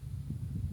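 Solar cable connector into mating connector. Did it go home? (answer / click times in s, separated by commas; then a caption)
no / none. Two ends of a plastic MC4-style solar panel cable connector with side clips are handled and pushed together while the side clips are squeezed. Only a low, steady rumble of handling noise is heard, with no sharp click. Nothing has seated or clicked into place yet.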